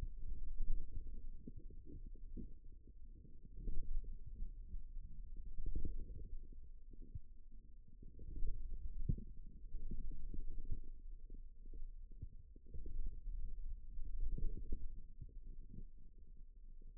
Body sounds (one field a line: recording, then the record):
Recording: forearm muscle sounds (acoustic myography)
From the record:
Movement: wrist flexion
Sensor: system 2, bracelet of six BSWA MPA416 microphones around the upper forearm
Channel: 1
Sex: male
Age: 22 years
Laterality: right